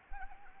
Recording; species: mosquito wingbeat signal from an infrared sensor; Anopheles arabiensis